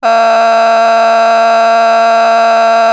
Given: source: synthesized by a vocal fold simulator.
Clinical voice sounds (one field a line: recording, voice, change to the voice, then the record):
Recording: sustained vowel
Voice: female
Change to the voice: a random mix of aspiration noise, stiffness perturbation and strain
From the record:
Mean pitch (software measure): 228 Hz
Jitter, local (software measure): 1.83%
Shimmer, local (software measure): 2.7%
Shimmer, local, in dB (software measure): 0.23 dB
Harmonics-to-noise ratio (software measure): 15.1 dB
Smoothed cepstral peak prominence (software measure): 13.6 dB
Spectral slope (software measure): -17.4 dB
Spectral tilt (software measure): -7.9 dB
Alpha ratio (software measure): -7.9 dB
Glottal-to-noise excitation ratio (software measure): 0.941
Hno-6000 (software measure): 1.7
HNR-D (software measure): 35.5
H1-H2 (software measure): -3.2 dB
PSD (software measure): 7.3e-05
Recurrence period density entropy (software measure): 0.118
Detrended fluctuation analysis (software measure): 0.0089